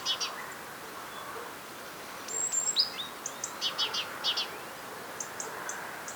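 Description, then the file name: Great tit calls: high whistled notes and a falling note, then a run of short buzzy chirps repeated in quick succession, over steady background noise. "Parus major"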